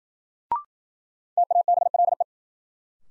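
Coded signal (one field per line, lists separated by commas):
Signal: Morse code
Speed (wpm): 53 wpm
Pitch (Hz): 700 Hz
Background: none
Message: TABLE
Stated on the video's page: Morse new-word drill at 55 wpm: each word sent in Morse, spoken, then sent again, for head-copy practice.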